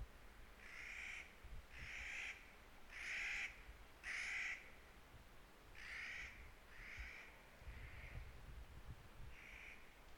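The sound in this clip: Clark's nutcracker giving harsh, grating calls in a loose series of about eight, each lasting around half a second, with low rumbling background noise.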